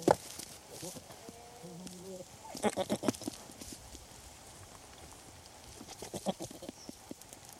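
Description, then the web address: Goat gives brief quavering bleats, followed by knocking hoof steps and rustling, with wind in the background. Goats moving around in front of the microphone with changing perspective, wind in trees. "BBC Goats. wind in trees perspective varies as goats move around in front of microphone"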